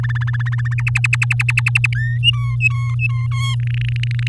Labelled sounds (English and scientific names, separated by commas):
Domestic Canary (Serinus canaria) song